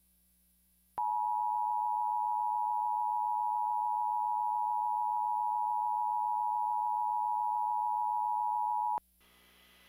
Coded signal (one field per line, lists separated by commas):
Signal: Emergency Alert System (SAME) tones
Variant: 853 and 960 Hz attention tone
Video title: EAS and Weatherscan - Severe T-storm Watch - 7:25pm 12/23/2015